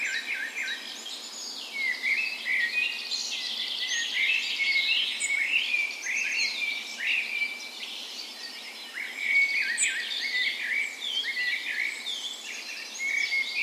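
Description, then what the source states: Dawn chorus: many birds in full morning song, a near-continuous tangle of quick chirps, trills and warbles with a few high isolated pips. Dawn chorus in a park west in Bergen, Norway, on the morning of 17 May, Norway's National Day, in spring; recorded with a Sony PCM A10 and LOM micro Usi mics as 'tree ears'.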